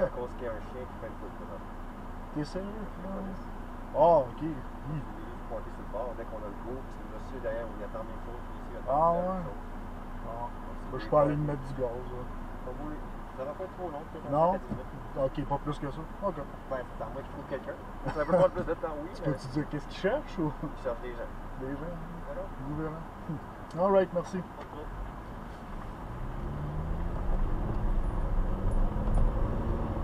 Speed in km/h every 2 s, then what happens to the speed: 0, 0, 0, 0, 0, 0, 0, 0, 0, 0, 0, 0, 0, 11, 23.
0-25 standing. 25-30 pulls away to 23.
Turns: none.